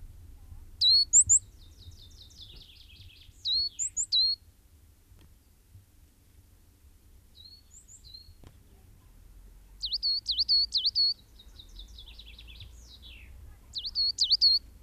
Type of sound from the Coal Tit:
song